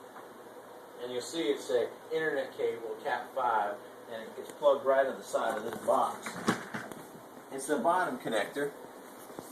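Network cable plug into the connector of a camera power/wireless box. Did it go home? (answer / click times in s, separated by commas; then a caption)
no / none. A Cat5 internet cable plug is being handled beside the bottom connector on the side of a wireless camera box that holds the wireless and battery power. Someone talks throughout, with a few brief faint ticks of handling noise. Nothing has seated or clicked yet.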